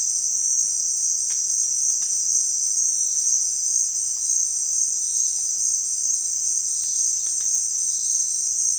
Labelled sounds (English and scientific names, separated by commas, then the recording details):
none
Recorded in dense forest near Puerto Asís, Putumayo, Colombia, on 29 June 2025 at 16:30
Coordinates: 0.466, -76.327
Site GP04